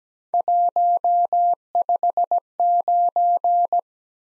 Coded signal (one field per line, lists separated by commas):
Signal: Morse code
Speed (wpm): 20 wpm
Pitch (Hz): 700 Hz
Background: none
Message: 159